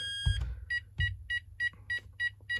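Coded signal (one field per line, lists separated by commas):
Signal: beep code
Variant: Texecom Veritas alarm keypad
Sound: steady run of about eight short, evenly spaced high keypad beeps after a thump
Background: handling thump, small room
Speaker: you are back into tamper now.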